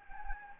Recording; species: mosquito wingbeat signal from an infrared sensor; Anopheles gambiae